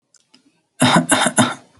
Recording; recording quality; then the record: shallow voluntary cough; excellent, no background noise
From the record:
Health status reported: healthy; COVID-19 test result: not tested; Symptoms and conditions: none ticked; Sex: male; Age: 27 years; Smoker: not ticked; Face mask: not worn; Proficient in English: no